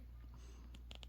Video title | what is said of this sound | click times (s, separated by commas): A semi-professional down to Earth review of the Bissell SpinWave Mop | okay well that snapped together just like it | 0.9 s, 1.0 s